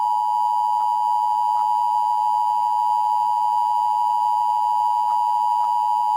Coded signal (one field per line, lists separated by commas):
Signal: Emergency Alert System (SAME) tones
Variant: 853 and 960 Hz attention tone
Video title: An EAS Scenario: Tyrannosaurus Rex Attack